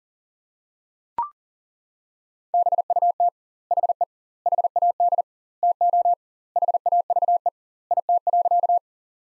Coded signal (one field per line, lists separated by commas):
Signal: Morse code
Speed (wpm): 37 wpm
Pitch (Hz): 700 Hz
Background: none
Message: BUT HE HAD TO HAVE IT.